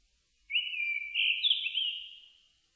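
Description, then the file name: Japanese thrush giving a single fluty whistled phrase, rippling and stepping upward midway before trailing off, in otherwise quiet surroundings. Recorded on 4 May 2001. "010504 kurotugumi"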